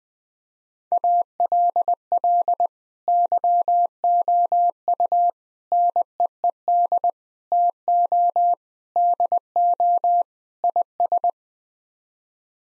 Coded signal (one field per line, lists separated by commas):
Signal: Morse code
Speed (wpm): 20 wpm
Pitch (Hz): 700 Hz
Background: none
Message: ALL YOU NEED TO DO IS